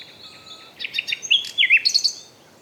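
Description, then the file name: Common nightingale song fragment, a brief burst of sharp chirps and whistled notes amid light hiss. "Luscinia megarhynchos"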